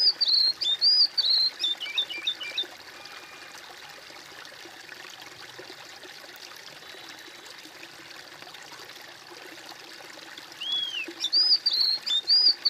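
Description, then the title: Bird singing a run of clear looping whistles, falling quiet for about eight seconds, then starting the same whistled phrase again; a constant hiss underneath throughout. "kOMPILASI suara bird"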